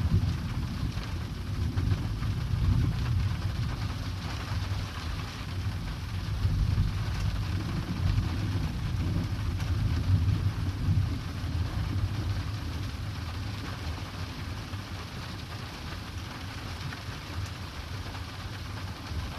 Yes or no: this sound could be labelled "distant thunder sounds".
yes